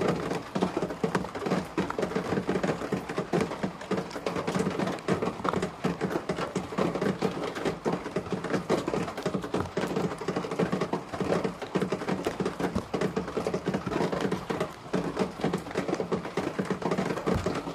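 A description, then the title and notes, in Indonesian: Light rain patters steadily, a dense, even crackle of countless small drops with a low murmur underneath, unchanging across the whole stretch. Rintik hujan.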